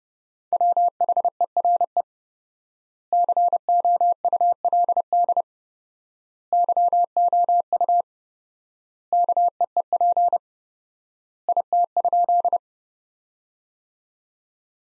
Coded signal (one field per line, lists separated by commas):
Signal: Morse code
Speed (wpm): 30 wpm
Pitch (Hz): 700 Hz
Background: none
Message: WHERE COULD YOU KEEP IT?